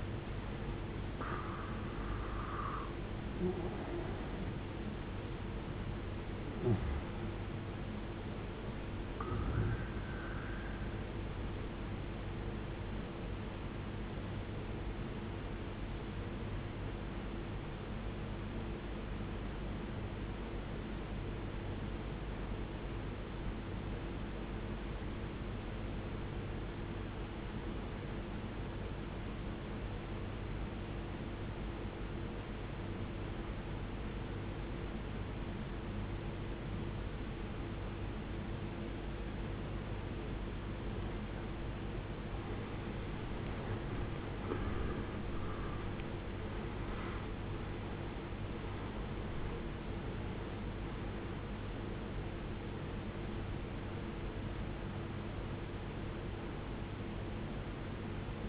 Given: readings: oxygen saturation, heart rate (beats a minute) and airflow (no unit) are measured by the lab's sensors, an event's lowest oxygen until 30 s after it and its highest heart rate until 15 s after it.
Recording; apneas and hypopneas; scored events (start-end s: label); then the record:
breathing in sleep by a voice recorder at the bedside; 1
18.00-48.00 s: new sleep stage, N2 (light sleep)
19.00-40.50 s: obstructive apnea (N2, oxygen 95% highest, then 83% lowest, heart rate 58 at the start, 78 highest)
48.00-58.49 s: new sleep stage, N1 (lightest sleep)
From the record:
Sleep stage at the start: N1 (lightest sleep); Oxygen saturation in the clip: 84 to 95%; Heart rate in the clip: 51 to 78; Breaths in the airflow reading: 9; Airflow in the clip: -17.5 to 17.7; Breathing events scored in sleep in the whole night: 389 in 6.3 hours asleep